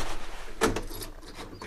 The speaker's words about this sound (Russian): Медсестра выходит из комнаты, закрывает дверь.